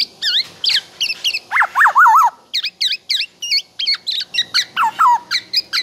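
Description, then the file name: Black-naped oriole song: a long string of varied chirps and short whistles, with a burst of louder falling whistled notes near the middle. Indonesian kepodang described as gacor, singing steadily and at length, 'until exhausted' (sampai teler). "BURUNG KEPODANG GACOR SAMPAI TELER"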